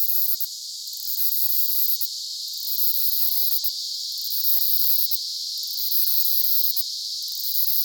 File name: Myopsalta mackinlayi Ceratodus